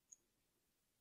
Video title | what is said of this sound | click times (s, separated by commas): CMMG Anvil 458 SOCOM Rifle Review | Locks in place there. | 0.1 s